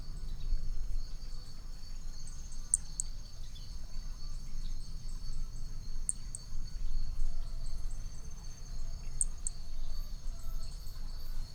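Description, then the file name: Brachycephalus hermogenesi clicks, faint and high, paired and recurring about every three seconds beneath a steady insect drone and low rushing noise. Picinguaba, Brazil, 13 December 2017, at 5 to 20 cm from the animal; individual 4, example 3. "MHNCI B hermogenesi Picinguaba ind 4 ex 3 tudo 5-20 cm distancia 13 dez 2017 MRB"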